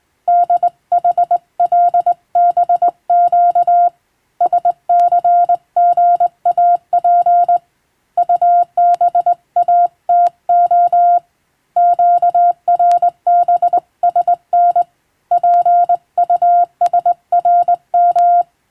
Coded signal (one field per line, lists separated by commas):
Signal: Morse code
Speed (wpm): 21 wpm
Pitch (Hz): 700 Hz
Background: none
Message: DHLBQ SCGAP UBATO QRBSN PUSRM